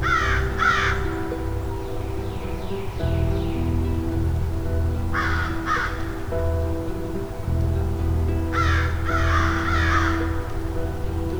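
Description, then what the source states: Crows caw in short harsh bursts of two to four, spaced several seconds apart, over a continuous low hum and rumble. About ten crows, a full murder perched right above the recordist, worked up about something unseen, or possibly normal interaction.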